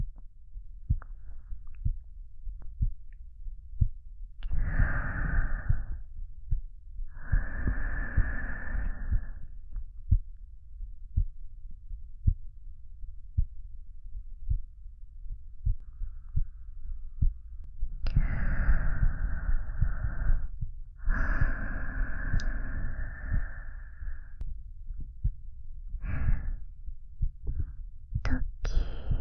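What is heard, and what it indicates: Steady low heartbeat thumps from an adult woman's chest under soft whispered breaths; ordinary heart sounds, a little faster than usual, pounding.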